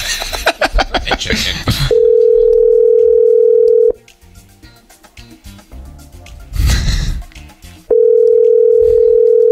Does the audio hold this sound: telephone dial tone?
yes